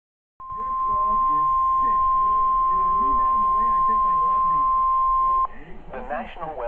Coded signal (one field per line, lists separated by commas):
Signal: Emergency Alert System (SAME) tones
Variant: 1050 Hz attention tone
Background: speech